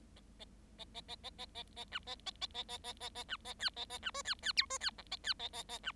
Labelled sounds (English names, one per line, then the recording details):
Bengalese Finch song
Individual Bird7